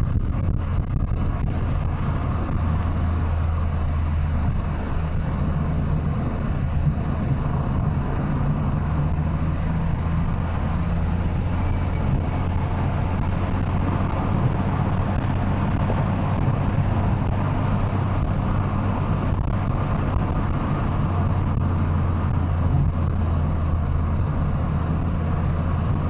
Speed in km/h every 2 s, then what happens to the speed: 99, 93, 92, 93, 93, 99, 105, 112, 111, 107, 102, 94, 97.
0-3 slows to 92. 3-8 steady at about 93. 8-14 speeds up to 112. 17-22 slows to 94.